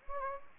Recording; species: mosquito wingbeat signal from an infrared sensor; Anopheles gambiae